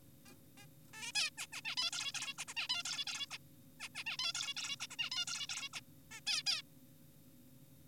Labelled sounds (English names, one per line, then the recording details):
Zebra Finch
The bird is an adult
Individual g4p5U